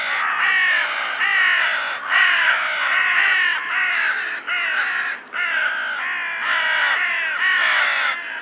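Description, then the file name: Carrion crow giving a dense, nearly continuous run of harsh, raspy caws with only brief gaps. "Corvus corone"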